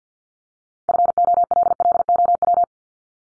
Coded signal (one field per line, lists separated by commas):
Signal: Morse code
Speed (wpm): 48 wpm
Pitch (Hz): 700 Hz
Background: none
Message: FOLLOW